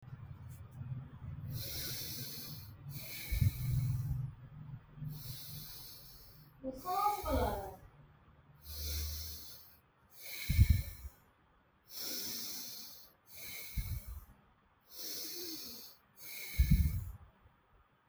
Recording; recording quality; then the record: deep breathing; excellent, no background noise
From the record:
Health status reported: healthy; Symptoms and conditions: none ticked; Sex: male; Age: 32 years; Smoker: not ticked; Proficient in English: yes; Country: India